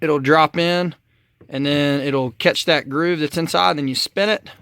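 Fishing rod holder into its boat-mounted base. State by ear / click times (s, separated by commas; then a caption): not seated / none. A Scotty plastic fishing rod holder is being fitted into its boat-mounted base on a jon boat. It is dropped in backwards so it catches the groove inside and then spun, while someone talks throughout. Nothing has seated or clicked yet; the holder is not yet pushed down and locked.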